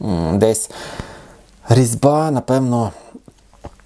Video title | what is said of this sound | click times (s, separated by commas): Як вибрати голову для фотоштатива | вкрутилася так і все от Я кручу Я пробував там розбирати Нічого воно не получається все воно фактично воно не фіксується все поламана | none